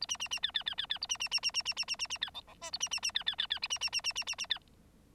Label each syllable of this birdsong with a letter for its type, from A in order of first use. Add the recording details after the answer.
A B B B C C C C C A B B B B B B B B B B C D D E A B B B C C C C B B B B B B B C. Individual Bird9